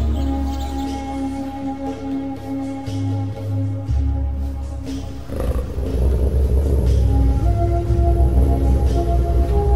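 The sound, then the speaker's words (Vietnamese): A deep, thunderous animal roar, let out as the animal lifts its head, rumbles loudly for several seconds, its low tones sustained before shifting midway into a rougher, noisier growl that carries on to the end, with no voices present. “Chỉ thấy đức vua của chúng chăm chú nhìn về phía nam, khe khẽ cúi đầu, rồi lại ngẩng lên phát ra một tiếng gầm kinh thiên động địa.”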